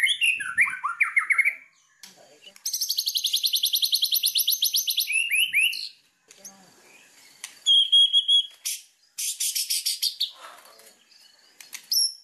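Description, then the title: White-rumped shama song: tumbling whistles, then a long, very fast train of high repeated chips, followed by scattered sharp notes and another quick rattling series. Lure sound meant to make wild birds respond; the bird sings constantly and energetically. "PANCINGAN MURAI BATU GACOR"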